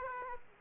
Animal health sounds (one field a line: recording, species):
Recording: mosquito wingbeat signal from an infrared sensor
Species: Aedes aegypti